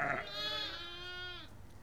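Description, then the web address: Sheep bleat, a single drawn-out wavering call with rich harmonics, preceded by a brief harsher sound at the start, fairly faint against a background hiss. Herd of ewes and lambs calling; livestock. "BBC Sound Effects Library. Herd Of Ewes And Lambs Calling"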